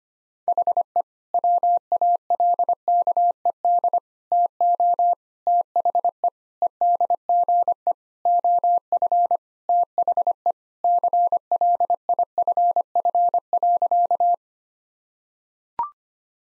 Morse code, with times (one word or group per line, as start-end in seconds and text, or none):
0.5-1.0 HE
1.3-4.0 WALKED
4.3-5.1 TO
5.5-6.3 THE
6.6-7.9 EDGE
8.3-9.4 OF
9.7-10.5 THE
10.8-14.3 CLIFF.